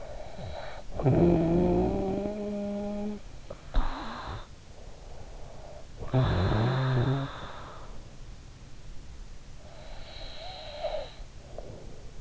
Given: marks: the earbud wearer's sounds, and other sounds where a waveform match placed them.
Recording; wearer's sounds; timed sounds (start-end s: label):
sounds in sleep by an in-ear microphone; snoring breath
0.00-4.53 s: snoring breath
6.14-8.56 s: snoring breath
9.64-12.21 s: snoring breath